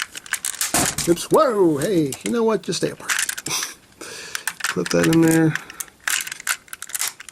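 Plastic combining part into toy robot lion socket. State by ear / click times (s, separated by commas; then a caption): seated / 6.1 s. A plastic combining piece is pushed into its color-coded green socket on a toy robot lion while someone talks, with scattered plastic handling clicks and rattles throughout. A sharp snap at 6.1 s marks the piece seating firmly in place.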